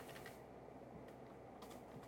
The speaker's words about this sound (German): Und das, wie ich tippe.